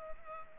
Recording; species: mosquito wingbeat signal from an infrared sensor; Culex pipiens